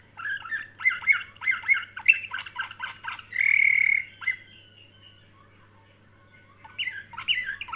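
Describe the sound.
Canary singing a rapid chattering trill, then a long steady note, a pause of near silence, and the song resuming at the end; faint low hum.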